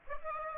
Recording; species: mosquito wingbeat signal from an infrared sensor; Aedes aegypti